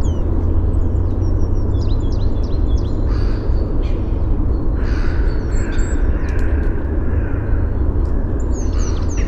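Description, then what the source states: Bird calls and song: harsh squawking calls midway among high thin whistles and chirps, with strong steady low-pitched background noise. Helsinki, 29 April 2013; song and calls.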